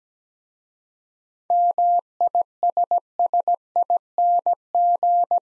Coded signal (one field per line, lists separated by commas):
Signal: Morse code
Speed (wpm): 17 wpm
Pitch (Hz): 700 Hz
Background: none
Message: MISSING